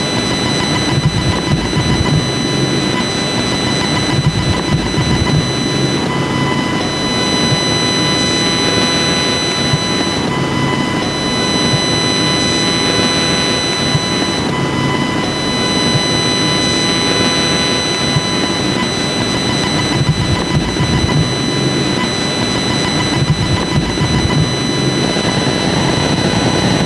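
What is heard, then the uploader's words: Electromagnetic interference picked up by the microphone: a dense, steady buzz with a rumbling low end and a stack of fixed, thin whining tones running unchanged through all 27 seconds. The level stays constant, with faint flickers every few seconds but no distinct events. Imperfect microphone. Capturing electromagnetic interference with the mike.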